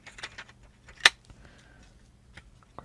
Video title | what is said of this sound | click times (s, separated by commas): Aputure F7, Aputure M9, and GVB Gear PL12 Review and Comparisons | snaps right in and | 1.1 s